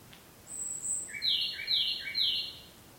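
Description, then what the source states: Ryukyu robin song: one very high whistle, then three evenly spaced double notes, clear against low background hiss. Recorded 5 May 2013.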